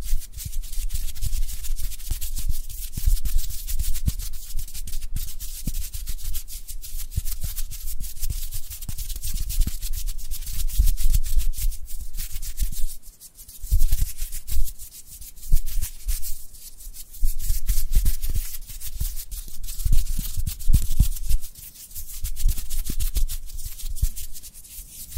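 Dry hands rub together in a steady, dense rasping with a bright hiss and a soft low rumble beneath. The strokes keep coming in quick, fairly even passes, briefly pausing around 13 seconds and again near 21 seconds before resuming.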